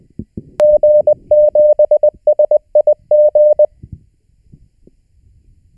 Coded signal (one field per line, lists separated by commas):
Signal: Morse code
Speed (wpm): 20 wpm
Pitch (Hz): 600 Hz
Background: none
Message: G7SIG